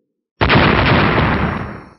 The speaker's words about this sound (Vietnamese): Một trận tiếng nổ vang kịch liệt truyền đến, từng không gian bích chướng kia chưa kịp vỡ tan, thủy đạo bên trong nước hồ lại bị cái cổ khí thế này xung kích kích động kịch liệt, cuốn lên hai đạo sóng nước mạnh mẽ chụp về hai bên.